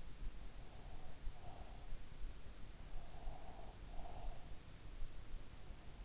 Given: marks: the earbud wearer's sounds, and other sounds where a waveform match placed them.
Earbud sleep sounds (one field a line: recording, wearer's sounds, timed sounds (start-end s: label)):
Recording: sounds in sleep by an in-ear microphone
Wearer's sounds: breath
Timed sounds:
0.20-2.19 s: breath
2.92-4.62 s: breath